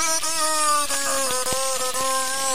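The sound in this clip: Whale call: a steady, slightly falling harmonic tone held throughout, broken by a few sharp clicks and brief dips.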